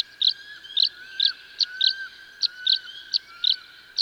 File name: Tree Swallow